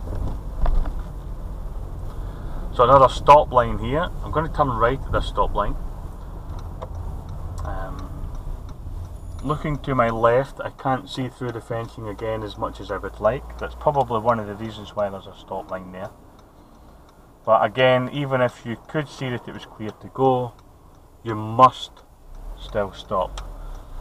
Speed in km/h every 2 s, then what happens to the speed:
16, 16, 16, 15, 6, 0, 0, 0, 0, 0, 0, 0.
0-6 steady at about 16. 6-9 brakes to 0. 9-24 standing.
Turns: none.